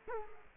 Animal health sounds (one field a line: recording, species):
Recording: mosquito wingbeat signal from an infrared sensor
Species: Culex quinquefasciatus